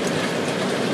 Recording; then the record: background sound without coughing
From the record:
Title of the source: Office Sounds Ambience - Background Noise for Study and Work